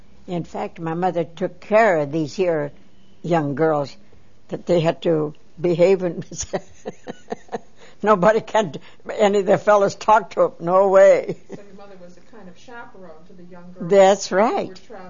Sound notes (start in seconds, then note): 6.1 she laughs; 11.1 she laughs